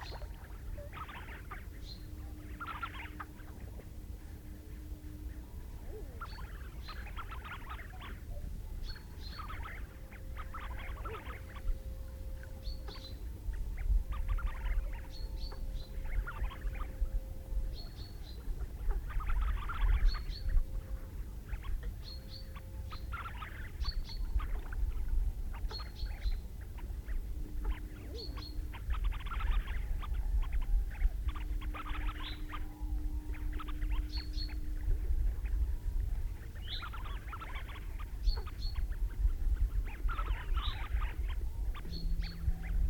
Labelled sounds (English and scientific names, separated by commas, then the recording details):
Tufted Duck (Aythya fuligula) call
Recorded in the wild
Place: Ralswieker Forst, Insel Rügen, Mecklenburg-Vorpommern, DE
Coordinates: 54.48, 13.48
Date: 1969-04-06
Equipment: Nagra III BH, Sennheiser MD 21, parabola
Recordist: Schubert, Michael